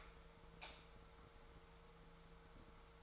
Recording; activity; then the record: daily activity, microphone in the room; light off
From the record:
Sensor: 3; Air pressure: 1014.7 hPa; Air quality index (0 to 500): 191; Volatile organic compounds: 23 ppm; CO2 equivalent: 2787 ppm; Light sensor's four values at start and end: 44/111/47/50 and 41/103/44/47